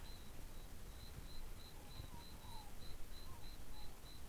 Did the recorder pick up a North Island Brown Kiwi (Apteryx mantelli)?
no